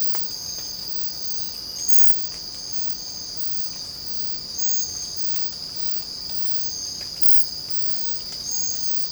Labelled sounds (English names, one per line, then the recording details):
none
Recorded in secondary vegetation near Puerto Asís, Putumayo, Colombia, on 22 December 2024 at 05:30
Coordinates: 0.499, -76.323
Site G010